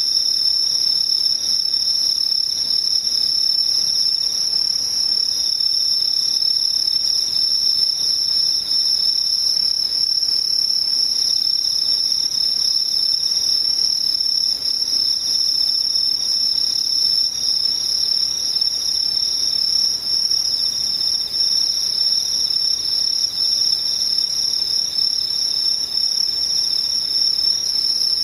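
Insects trill without pause, a dense, high, piercing chirring that holds the same pitch and loudness for the whole stretch. A fainter, even higher shimmer rides above it, and below there is only a soft, low hiss with no other events.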